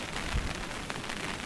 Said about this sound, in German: Es regnet, es scheint aber nur ein kurzer Schauer zu werden, aber wahrscheinlich sehr heftig.